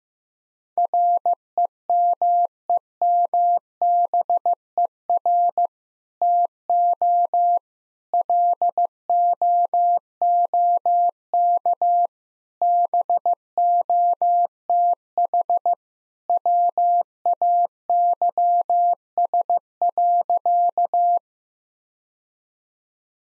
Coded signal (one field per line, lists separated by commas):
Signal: Morse code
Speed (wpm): 15 wpm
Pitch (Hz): 700 Hz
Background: none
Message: REMEMBER TO LOOK BOTH WAYS.